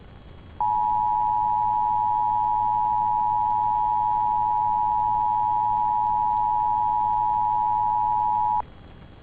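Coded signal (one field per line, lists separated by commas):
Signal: Emergency Alert System (SAME) tones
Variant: 853 and 960 Hz attention tone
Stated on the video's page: Georgia child abduction EAS alert, received via an internet stream.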